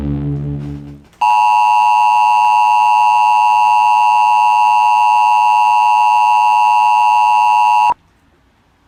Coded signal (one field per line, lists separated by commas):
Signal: Emergency Alert System (SAME) tones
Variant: 853 and 960 Hz attention tone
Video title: EMERGENCY ALERT SYSTEM…NUCLEAR WARNING ⚠️ THIRD WOE!!!